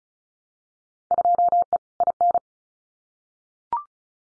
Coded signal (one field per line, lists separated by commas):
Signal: Morse code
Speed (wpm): 34 wpm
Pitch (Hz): 700 Hz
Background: none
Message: 2E IN